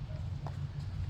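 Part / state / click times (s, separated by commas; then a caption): dart into blowgun tube / seated / 0.5 s. A tight-fitting dart is pushed into the breech of a Cold Steel .625 big-bore blowgun tube over a steady low rumble. A single sharp click at 0.5 s marks the dart seating in the bore.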